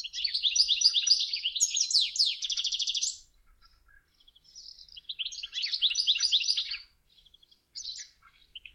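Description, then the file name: European goldfinch song in two bursts, each a lively jumble of bright twittering notes and quick buzzy rattles, separated by a brief pause and followed by short chirps. "ohakalind"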